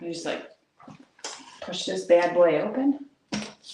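Someone talks while pushing the folded halves of an ANCHEER personal mini trampoline frame open by its folding hinge lock, with brief knocks from the frame handling around 1.2 s and 3.3 s. The clip ends before the hinge locks, so nothing has seated or clicked yet.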